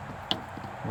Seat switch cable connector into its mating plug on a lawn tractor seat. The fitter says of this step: Now this one doesn't latch in place as well as the other one did.